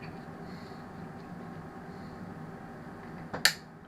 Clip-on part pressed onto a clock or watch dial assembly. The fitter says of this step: oh that's it it just did it go click did you hear it click